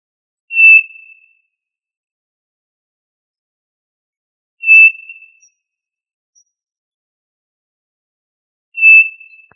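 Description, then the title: Tinamou whistled call: a clear, steady, high pure note under a second long, repeated three times about every four seconds, with silence between. "Familia Tinamidae - Quail - Puyuh"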